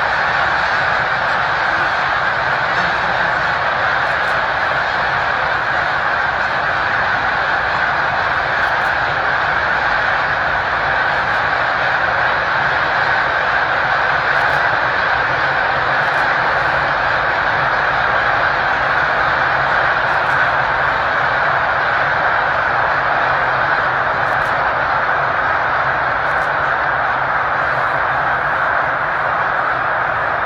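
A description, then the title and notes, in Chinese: A vast flock of migrating snow geese calls all at once, merging into a dense, unbroken wall of honking and cawing. The din holds steady and loud for the whole half minute, centered in the bright middle range, with no pauses or individual standout calls. 雪雁迁徙。铺天盖地的鸟。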